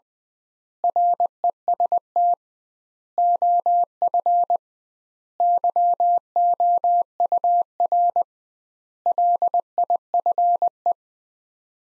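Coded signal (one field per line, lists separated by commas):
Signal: Morse code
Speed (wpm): 21 wpm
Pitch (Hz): 700 Hz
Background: none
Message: REST OF YOUR LIFE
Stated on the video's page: Morse practice of five-word sets sent at 20 WPM with double word spacing, a word-level analogue of Farnsworth spacing, for head-copy training.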